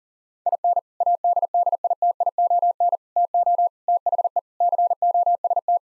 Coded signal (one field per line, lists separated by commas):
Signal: Morse code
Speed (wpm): 40 wpm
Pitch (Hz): 700 Hz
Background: none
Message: IN ADDITION TO THE COST